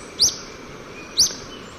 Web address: Natures Songs S America Birds of Ecuador Olive-faced Flatbill